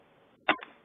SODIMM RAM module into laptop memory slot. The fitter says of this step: When you hear that click, you know it's securely in place because on each side is a metal clip which secures their RAM.